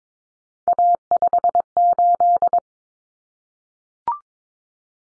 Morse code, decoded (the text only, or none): A58